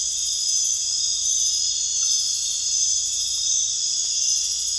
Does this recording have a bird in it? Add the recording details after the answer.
no. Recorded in dense forest near Puerto Asís, Putumayo, Colombia, on 21 March 2025 at 22:00. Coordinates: 0.484, -76.317. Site G064